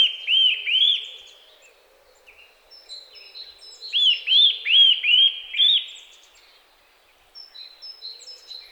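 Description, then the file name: Eurasian nuthatch calls: two quick notes, a pause with soft chirps, then a run of five loud arched notes. "Sitta europaea"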